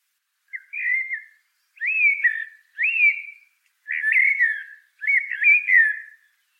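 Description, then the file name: Common blackbird singing five separate fluted phrases in close succession, each a short, warbling, slightly descending whistle. "Turdus merula"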